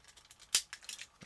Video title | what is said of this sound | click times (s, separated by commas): Brave Express Might Gaine - Guard Diver | get that out of the way there we go and they just snap right into place | 0.5 s